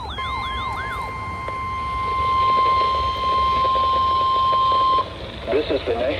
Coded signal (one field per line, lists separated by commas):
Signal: Emergency Alert System (SAME) tones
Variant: 1050 Hz attention tone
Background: speech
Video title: Required Weekly Test on WXL40 & WXL39. EAS #746-747